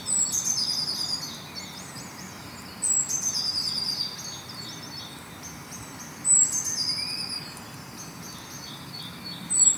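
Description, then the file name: Eurasian blue tit song: thin, high notes followed by a fast trill. The phrase repeats every few seconds, with a faint insect-like hiss beneath. "Cyanistes caeruleus"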